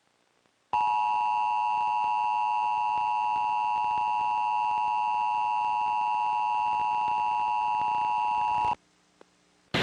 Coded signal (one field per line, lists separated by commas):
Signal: Emergency Alert System (SAME) tones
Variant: 853 and 960 Hz attention tone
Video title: FEMA National Emergency Alert System Test (2011 & 2023)